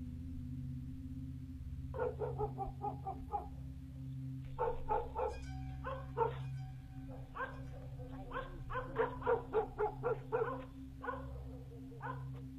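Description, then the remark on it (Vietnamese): A black dog in its kennel at midnight barks repeatedly toward a neighbouring garden in quick bursts, sharp yaps in irregular clusters over a steady low hum, with a few higher whining notes mixed in. “rồi hướng sang bên mảnh vườn nhà bà cụ Thật mà nó cắn nhấm nha nhấm nhặng”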